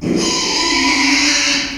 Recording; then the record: squeal of a Yucatan mini pig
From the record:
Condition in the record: after surgery on the right vocal fold (resection and tissue-engineered implant); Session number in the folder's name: 2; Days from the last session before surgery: 13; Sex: male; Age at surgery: 12 weeks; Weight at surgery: 13 kg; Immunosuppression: cyclosporine, prednisolone